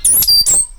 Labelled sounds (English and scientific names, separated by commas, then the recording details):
Stitchbird (Notiomystis cincta) song
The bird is a male
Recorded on Tiritiri Matangi Island, New Zealand, in 2005
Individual 8, of nest box 10